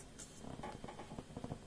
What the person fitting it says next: It locks into place.